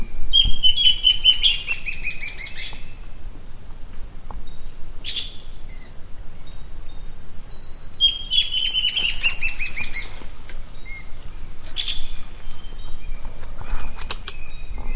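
Bird chattering calls: quick descending runs of sharp chirps in two bursts, over a constant high insect trill and low rumbling noise.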